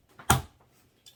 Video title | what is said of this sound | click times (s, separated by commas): WAYB PICO TRAVEL CARSEAT REVIEW--IS IT WORTH THE MONEY?! | it latches on you got to use some force and you can hear the click | 0.3 s